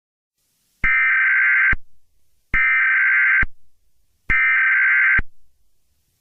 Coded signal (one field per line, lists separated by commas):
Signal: Emergency Alert System (SAME) tones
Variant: header bursts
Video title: EAS Scenario #36: Bowser Attacks